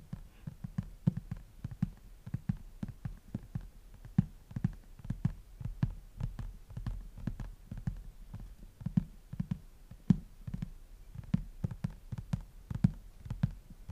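Fingers tap on a book cover in a quick, uneven rhythm, several taps each second for the whole stretch. Each tap is soft, a dull low knock with a slight crisp click on top, over a quiet, still background.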